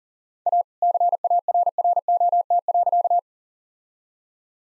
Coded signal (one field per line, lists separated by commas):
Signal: Morse code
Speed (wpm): 40 wpm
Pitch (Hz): 700 Hz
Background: none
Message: A CARROT.